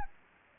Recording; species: mosquito wingbeat signal from an infrared sensor; Anopheles gambiae